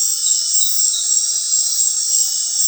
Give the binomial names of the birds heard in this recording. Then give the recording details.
none. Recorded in dense forest near Puerto Asís, Putumayo, Colombia, on 19 February 2024 at 21:30. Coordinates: 0.502, -76.326. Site G6460